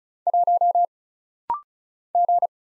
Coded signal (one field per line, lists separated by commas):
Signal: Morse code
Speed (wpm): 36 wpm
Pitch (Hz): 700 Hz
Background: none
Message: 1 G